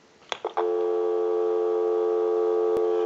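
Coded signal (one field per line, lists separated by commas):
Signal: telephone call progress tone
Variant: North America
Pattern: dial tone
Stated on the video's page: Heard on a desk-top payphone during checkout and repair conversion.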